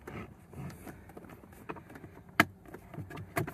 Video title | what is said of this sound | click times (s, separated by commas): 2010 (2006-2010) Hyundai Sonata Cabin Air Filter Replacement | there you go okay so basically just it just goes in and just locks in place | 2.4 s